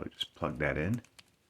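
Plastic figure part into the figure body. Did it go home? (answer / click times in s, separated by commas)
no / none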